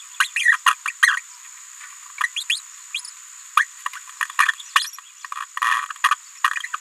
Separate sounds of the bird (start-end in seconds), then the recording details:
0.20-0.27, 0.36-0.56, 0.66-0.73, 0.85-0.90, 1.02-1.16, 2.36-2.43, 2.49-2.60, 2.94-3.01, 3.57-3.65, 3.93-3.94, 4.22-4.25, 4.48-4.51, 4.75-4.90, 5.61-5.85, 6.11-6.14, 6.64-6.67. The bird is a female. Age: 27 days. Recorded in a nest box in Venezuela. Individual 17B73B2